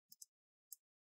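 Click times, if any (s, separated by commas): 0.1 s, 0.2 s, 0.7 s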